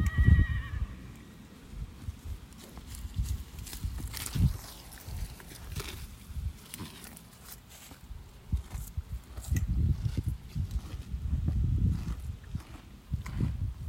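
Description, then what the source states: Donkey munching with steady low crunching and chomping, a brief thin squeak at the start, and scattered shuffling noises. Eating.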